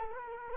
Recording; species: mosquito wingbeat signal from an infrared sensor; Culex quinquefasciatus